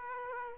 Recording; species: mosquito wingbeat signal from an infrared sensor; Aedes aegypti